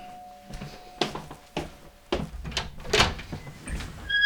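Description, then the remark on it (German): A door creaks open amid a series of knocking clunks and rattles, ending in a thin, high-pitched squeal. No voices are heard. “Boah, das quietscht ja wieder, das ist ja die Hölle.”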